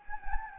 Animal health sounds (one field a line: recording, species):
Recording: mosquito wingbeat signal from an infrared sensor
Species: Anopheles gambiae